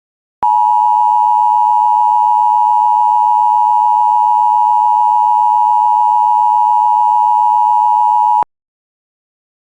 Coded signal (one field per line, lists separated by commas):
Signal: Emergency Alert System (SAME) tones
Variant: 853 and 960 Hz attention tone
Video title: Severe Thunderstorm Warning for Lac qui Parle and Yellow Medicine, MN (EAS #146)